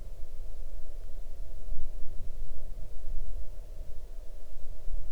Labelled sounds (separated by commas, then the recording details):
near silence
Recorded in the Arctic National Wildlife Refuge, Alaska, on 8 June 2019 at 00:48
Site 40